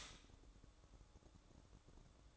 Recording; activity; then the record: daily activity, microphone in the room; stop toaster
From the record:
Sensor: 3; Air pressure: 1007.2 hPa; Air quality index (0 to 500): 54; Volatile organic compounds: 1 ppm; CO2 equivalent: 591 ppm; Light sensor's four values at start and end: 8/18/7/7 and 8/18/7/7